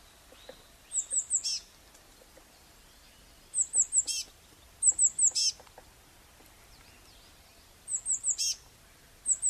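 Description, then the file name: Eurasian blue tit calling in repeated phrases of several piercing high notes with a quick lower tail, five phrases in under ten seconds against faint background noise. "Cyanistes caeruleus"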